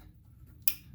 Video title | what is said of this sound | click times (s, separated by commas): 2012 Toyota Camry 3.5L V6 2GR-FE Spark Plugs Change Replacement | nice click good make sure nothing else got loose | 0.7 s